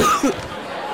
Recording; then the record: coughing mixed with background sound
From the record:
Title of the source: Wet coughing